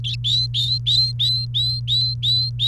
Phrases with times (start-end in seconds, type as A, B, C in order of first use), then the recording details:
0.04-2.67 A. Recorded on 28 April 2018 at 14:01. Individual llb3